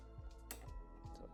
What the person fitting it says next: So it clicks.